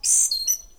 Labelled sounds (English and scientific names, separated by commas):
Stitchbird (Notiomystis cincta) song